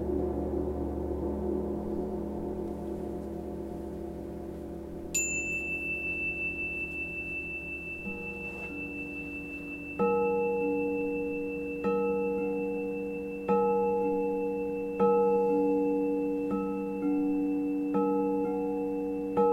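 Crystal bowls ring in a live performance, their sustained tones layering into a thick, wavering drone. A bright high tone enters around five seconds, and from ten seconds on, new bowl strikes arrive every second or two, each adding a clear ringing pitch.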